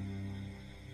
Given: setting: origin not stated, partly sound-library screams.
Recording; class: one-second piece from a danger detection set; normal situation